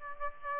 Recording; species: mosquito wingbeat signal from an infrared sensor; Aedes aegypti